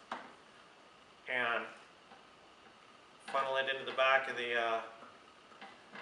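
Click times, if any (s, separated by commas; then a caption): 5.6 s. Reaching up inside the chin of new race bodywork on a Ninja 400, someone funnels the wiring harness plug into the back of the motorcycle's instrument cluster and pushes it home while talking. A small click is heard at 5.6 s, the connector seats, and the gauges light up.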